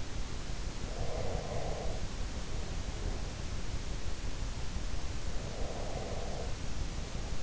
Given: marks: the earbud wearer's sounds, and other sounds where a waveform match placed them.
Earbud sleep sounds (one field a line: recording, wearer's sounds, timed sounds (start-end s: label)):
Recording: sounds in sleep by an in-ear microphone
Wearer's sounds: breath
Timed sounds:
0.76-3.28 s: breath
5.40-7.42 s: breath